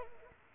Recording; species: mosquito wingbeat signal from an infrared sensor; Culex pipiens